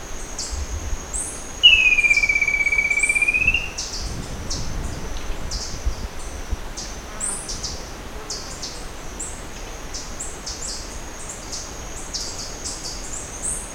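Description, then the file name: Bird giving one long clear whistle that dips slightly then holds steady for about two seconds, over a constant high insect-like tone and faint ticking. "SABIOD 50 bird 2015"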